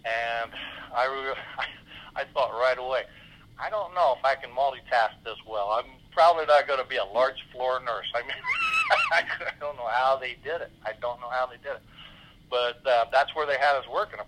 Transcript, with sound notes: And I thought right away, I don't know if I can multitask this well. I'm probably not going to be a large-floor nurse. (laughs) I mean, I don't know how they did it. I don't know how they did it. But that's where they had us working.